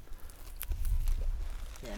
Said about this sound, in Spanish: Uy, eso fue un trueno. Uy, graba los truenos, amor. Un trueno.